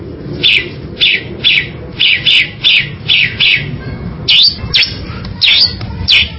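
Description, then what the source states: Bird call of short chirps repeated roughly twice a second, later changing to sweeping whistled notes. Complete birdsong.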